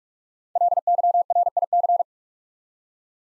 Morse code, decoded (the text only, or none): LYRIC